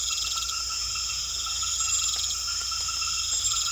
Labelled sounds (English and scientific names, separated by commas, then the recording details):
none
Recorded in secondary vegetation near Puerto Asís, Putumayo, Colombia, on 28 February 2025 at 21:00
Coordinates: 0.500, -76.326
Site GP04